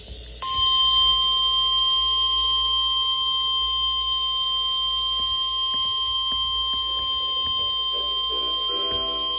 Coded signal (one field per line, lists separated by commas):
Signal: Emergency Alert System (SAME) tones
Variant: 1050 Hz attention tone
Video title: EAS Alerts 6908-6961 During Spring Break From 04/13-19/25